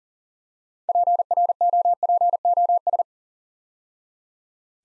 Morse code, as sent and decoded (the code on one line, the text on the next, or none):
.--. .-. --- .--. --- ...
PROPOS